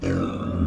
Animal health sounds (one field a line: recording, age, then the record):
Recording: pig call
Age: growing-finishing pig (85 days or more)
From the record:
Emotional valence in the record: negative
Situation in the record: barren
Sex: male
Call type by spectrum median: low-frequency call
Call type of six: low-frequency modulated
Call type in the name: low-frequency modulated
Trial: 2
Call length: 0.67 s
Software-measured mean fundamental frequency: 57 Hz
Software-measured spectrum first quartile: 147 Hz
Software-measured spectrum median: 272 Hz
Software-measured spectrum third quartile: 582 Hz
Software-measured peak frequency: 251 Hz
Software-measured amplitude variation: 129 dB a second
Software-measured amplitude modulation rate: 28.9 a second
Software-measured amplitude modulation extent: 4.5 dB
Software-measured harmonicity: -3.0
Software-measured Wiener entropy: -0.79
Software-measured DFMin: 1105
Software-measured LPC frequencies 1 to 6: 336, 1302, 2575, 3575, 4743, 5656 Hz